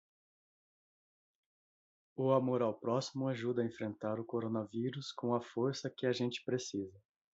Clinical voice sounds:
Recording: spoken sentence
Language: Brazilian Portuguese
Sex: male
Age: 30 to 39 years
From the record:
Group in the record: control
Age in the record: 39 years

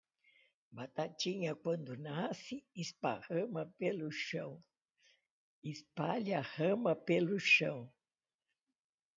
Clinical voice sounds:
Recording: short text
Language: Brazilian Portuguese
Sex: female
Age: 80 to 89 years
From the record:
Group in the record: control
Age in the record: 86 years

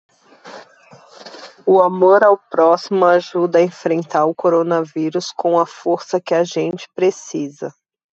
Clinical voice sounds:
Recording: spoken sentence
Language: Brazilian Portuguese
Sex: female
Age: 30 to 39 years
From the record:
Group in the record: control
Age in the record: 36 years

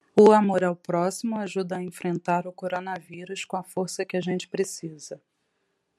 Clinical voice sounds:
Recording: spoken sentence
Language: Brazilian Portuguese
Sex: female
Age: 40 to 49 years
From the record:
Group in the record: control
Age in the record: 41 years

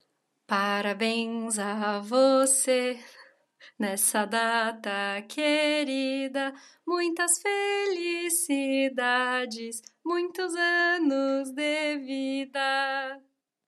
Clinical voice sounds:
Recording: short text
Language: Brazilian Portuguese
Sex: female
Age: 20 to 29 years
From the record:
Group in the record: control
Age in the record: 28 years

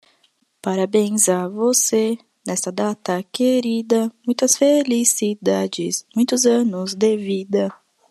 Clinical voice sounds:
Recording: short text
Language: Brazilian Portuguese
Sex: female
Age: 20 to 29 years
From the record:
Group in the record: control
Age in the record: 28 years

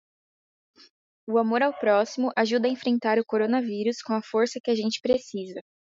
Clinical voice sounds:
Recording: spoken sentence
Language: Brazilian Portuguese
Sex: female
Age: 18 to 19 years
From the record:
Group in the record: control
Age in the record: 19 years

